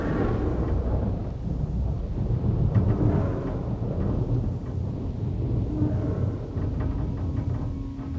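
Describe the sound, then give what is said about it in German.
Steady, dense rain with a deep, continuous thunder rumble rolling underneath, loud and unbroken for the whole stretch, with no voices. “Lieben Sie den Regen, Senorita?”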